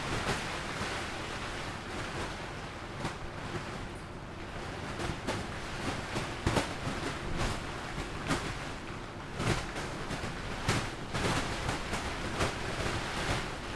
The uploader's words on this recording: Storm In A Tent. When you spend the night in a tent while an autumn storm rages outside, the sound inside is quite dark and ominous.